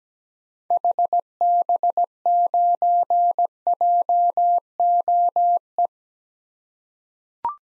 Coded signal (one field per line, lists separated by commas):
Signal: Morse code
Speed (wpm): 17 wpm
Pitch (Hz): 700 Hz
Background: none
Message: HB9JOE